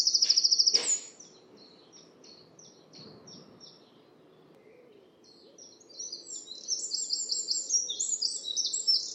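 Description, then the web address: Bird calls: a fast buzzy burst of high notes, then a run of short chirps, ending in busy high twittering. "Deverinetal 2025 File origin Bird Only"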